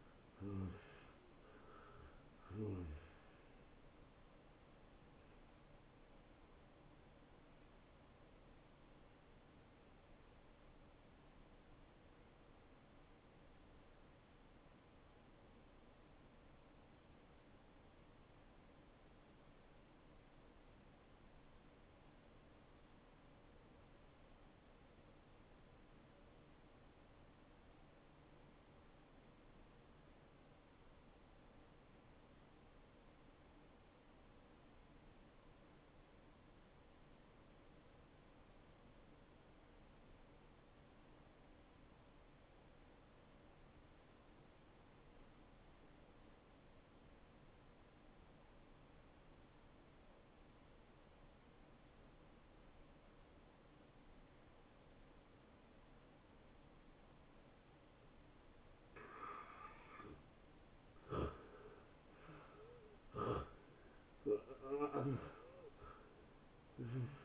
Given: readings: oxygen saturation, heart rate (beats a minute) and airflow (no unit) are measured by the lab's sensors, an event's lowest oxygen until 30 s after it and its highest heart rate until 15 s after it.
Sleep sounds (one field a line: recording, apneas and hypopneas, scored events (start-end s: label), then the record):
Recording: breathing in sleep by a voice recorder at the bedside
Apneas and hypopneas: 1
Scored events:
13.00-59.10 s: obstructive apnea (N1, oxygen 95% highest, then 79% lowest)
From the record:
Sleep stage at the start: N1 (lightest sleep)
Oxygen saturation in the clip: 81 to 95%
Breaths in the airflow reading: 6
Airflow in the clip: -20.8 to 13.6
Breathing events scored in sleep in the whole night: 263 in 5.5 hours asleep